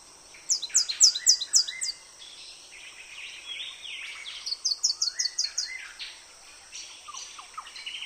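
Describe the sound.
Mistletoebird calling in quick bursts of high, piercing notes, one series after another, with lower slurred notes between.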